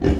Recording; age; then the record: pig call; growing-finishing pig (85 days or more)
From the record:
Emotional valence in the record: negative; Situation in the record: barren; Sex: female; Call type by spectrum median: low-frequency call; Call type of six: low-frequency modulated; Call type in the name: low-frequency modulated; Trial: 2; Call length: 0.20 s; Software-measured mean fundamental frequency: 43 Hz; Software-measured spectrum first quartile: 105 Hz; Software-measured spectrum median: 250 Hz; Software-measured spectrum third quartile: 408 Hz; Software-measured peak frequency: 76 Hz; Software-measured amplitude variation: 163 dB a second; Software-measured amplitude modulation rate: 19.9 a second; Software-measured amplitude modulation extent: 8.2 dB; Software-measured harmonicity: -3.3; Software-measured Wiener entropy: -0.92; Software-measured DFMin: 871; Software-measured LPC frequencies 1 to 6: 374, 1756, 2733, 4079, 5153, 6834 Hz